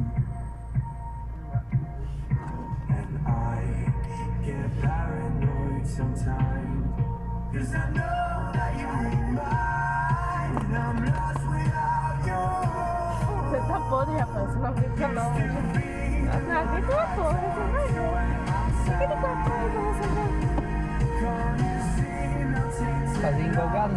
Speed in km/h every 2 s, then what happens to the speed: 0, 0, 0, 0, 0, 0, 0, 0, 0, 0, 0, 0.
0-24 standing.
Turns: none.